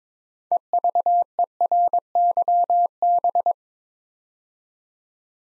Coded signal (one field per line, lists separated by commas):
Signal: Morse code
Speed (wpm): 22 wpm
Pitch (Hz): 700 Hz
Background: none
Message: EVERYB